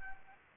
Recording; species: mosquito wingbeat signal from an infrared sensor; Anopheles gambiae